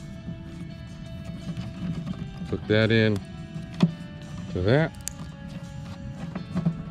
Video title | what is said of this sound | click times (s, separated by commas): 2003 Jeep Wrangler Base Plate Installation | listen for the click then you can pop that back out of the way | 5.1 s